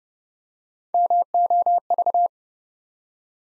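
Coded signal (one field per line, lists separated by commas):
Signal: Morse code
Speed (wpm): 30 wpm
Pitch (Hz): 700 Hz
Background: none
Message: MOV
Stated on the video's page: Morse practice at 30 wpm, building 5-letter words one letter at a time for beginners working on instant character recognition.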